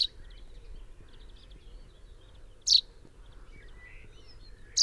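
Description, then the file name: Common chaffinch giving sharp, high, falling call notes, a few heard at intervals of a couple of seconds. "Fringilla coelebs"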